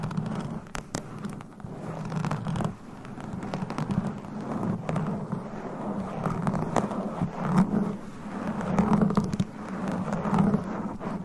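Fingernails scratch and scrape across a microphone in dense, uneven strokes, with a low rumbling drone underneath and sharp ticking bursts throughout.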